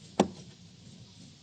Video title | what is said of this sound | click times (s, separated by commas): washing machine drain problem paano ba ayusin | Ayun, nakalock na. | 0.2 s